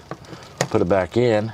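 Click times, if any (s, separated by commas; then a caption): 0.6 s. The power disconnect plug is pulled out of its socket in the electrical system of a 2023 Encore ROG Adventurer 12RK Survival Series trailer, and the trailer's power goes off. A sharp hit is heard at 0.6 s as the plug comes out. Someone then talks.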